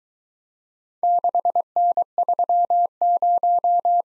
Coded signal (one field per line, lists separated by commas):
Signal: Morse code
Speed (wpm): 22 wpm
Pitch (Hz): 700 Hz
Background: none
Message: 6N30